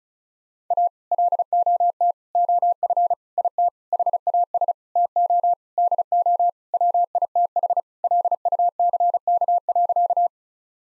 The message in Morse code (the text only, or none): A LOT OF IT HAS TO DO WITH LUCK.